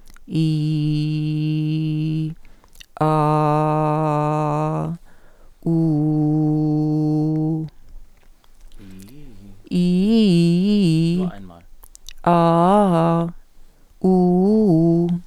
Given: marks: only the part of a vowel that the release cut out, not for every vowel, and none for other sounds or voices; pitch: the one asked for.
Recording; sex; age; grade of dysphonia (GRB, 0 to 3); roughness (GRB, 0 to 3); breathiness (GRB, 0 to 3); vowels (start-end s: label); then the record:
sustained vowels; female; 50 to 59 years; 0; 0; 0
0.57-2.12 s: vowel /i/, low pitch
3.41-4.63 s: vowel /a/, low pitch
6.04-6.97 s: vowel /u/, low pitch
9.83-10.61 s: vowel /i/, low-high-low pitch
12.36-13.23 s: vowel /a/, low-high-low pitch
14.11-15.07 s: vowel /u/, low-high-low pitch
From the record:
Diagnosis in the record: functional dysphonia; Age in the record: 58 years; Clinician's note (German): Mit Neuralgie N. laryngeus superior (abklingend)